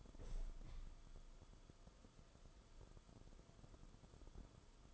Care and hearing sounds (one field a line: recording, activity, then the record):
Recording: daily activity, microphone in the room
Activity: open window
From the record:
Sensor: 5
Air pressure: 994.4 hPa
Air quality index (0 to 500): 186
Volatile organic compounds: 1000 ppm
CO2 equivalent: 5478 ppm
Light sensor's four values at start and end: 9/21/8/9 and 9/22/9/9